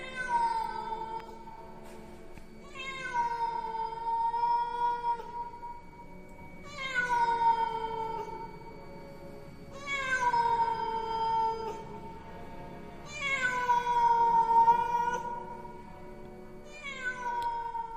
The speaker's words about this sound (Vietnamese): Xen lẫn trong không gian đó, một tiếng con mèo hoang ở đâu kêu lên những tiếng đến ghê rợn.